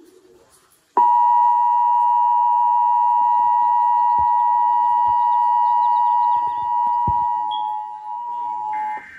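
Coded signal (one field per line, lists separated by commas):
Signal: Emergency Alert System (SAME) tones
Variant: 853 and 960 Hz attention tone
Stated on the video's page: Weekly and monthly EAS tests received.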